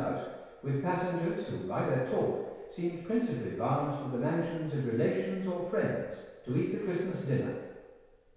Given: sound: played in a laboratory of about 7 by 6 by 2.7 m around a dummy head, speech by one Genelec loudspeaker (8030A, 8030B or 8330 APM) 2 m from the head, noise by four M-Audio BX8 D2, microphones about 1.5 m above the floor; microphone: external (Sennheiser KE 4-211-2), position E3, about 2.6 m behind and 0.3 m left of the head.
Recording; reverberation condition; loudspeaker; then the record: male speech in English; high; 120 degrees to the left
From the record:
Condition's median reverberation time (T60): about 1300 ms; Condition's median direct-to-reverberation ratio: about -4.0 dB